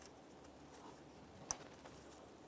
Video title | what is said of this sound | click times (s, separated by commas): How to Replace Thermostat Housing 2001-2005 Ford Explorer Sport Trac | add a little click there give it a tug | 1.5 s